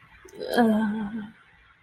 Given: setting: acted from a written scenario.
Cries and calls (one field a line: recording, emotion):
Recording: vocal sound without words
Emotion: ecstasy